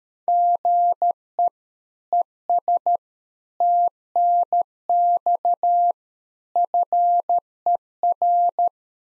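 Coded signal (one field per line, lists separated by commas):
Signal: Morse code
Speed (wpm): 13 wpm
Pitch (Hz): 700 Hz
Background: none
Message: GE ES TNX FER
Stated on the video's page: One-sided practice QSO at 13 wpm for head-copy: each segment sent in Morse, spoken, then sent again.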